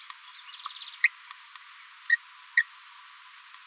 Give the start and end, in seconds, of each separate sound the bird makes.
1.03-1.08, 2.09-2.17, 2.57-2.63